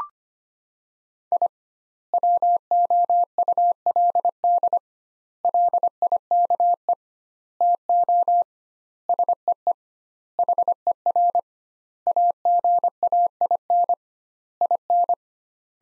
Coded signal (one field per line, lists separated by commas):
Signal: Morse code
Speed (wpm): 25 wpm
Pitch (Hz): 700 Hz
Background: none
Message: I WOULD LIKE TO SEE HER AGAIN IN